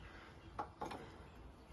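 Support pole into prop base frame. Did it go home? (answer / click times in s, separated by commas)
yes / 0.6 s, 0.8 s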